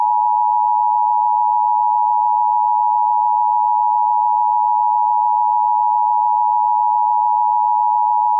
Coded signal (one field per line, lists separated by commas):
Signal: Emergency Alert System (SAME) tones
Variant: 853 and 960 Hz attention tone